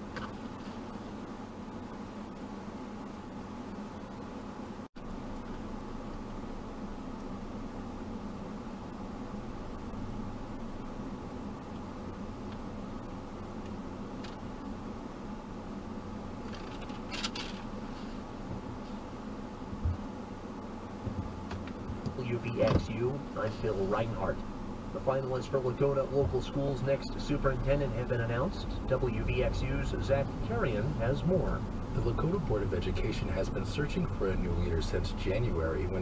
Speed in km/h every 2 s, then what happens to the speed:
0, 0, 0, 0, 0, 0, 0, 0, 0, 0, 0, 0, 0, 0, 6, 11, 13, 6.
0-26 standing. 26-31 pulls away to 13.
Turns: none.